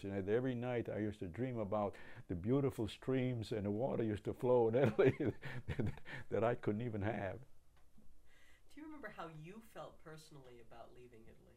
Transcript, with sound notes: And at -- every night I used to dream about the beautiful streams and the water used to flow in Italy [Laughing] that I couldn't even have.
Do you remember how you felt personally about leaving Italy?